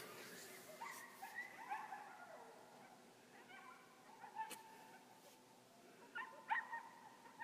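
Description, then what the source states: Fox kits giving faint, whining calls with clear harmonics, in short bursts over steady background hiss. Young fox kits.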